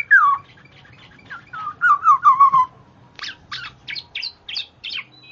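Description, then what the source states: Black-naped oriole song: a series of falling fluty whistles, followed by a string of short, sharp high notes. Female bird; chattering song (ocehan), used for luring.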